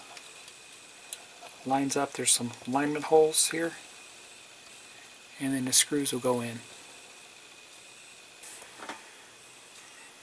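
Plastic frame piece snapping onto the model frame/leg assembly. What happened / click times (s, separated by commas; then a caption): Handled, not yet home: plastic frame piece lined up but not yet snapped in / none. A plastic frame piece of a 1:2 scale R2-D2 model kit is being lined up on its alignment holes on the frame and right leg frame assembly, where screws will go in later. Someone talks through most of the clip, with a brief sharp tick near 1.1 s and faint handling noise. The clip ends before the piece is pressed home, so nothing has seated or clicked yet.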